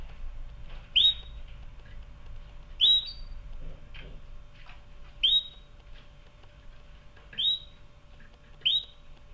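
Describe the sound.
Canary calls: a clear rising whistled note with a sharp click at its start, repeated five times at irregular intervals over faint steady background hum.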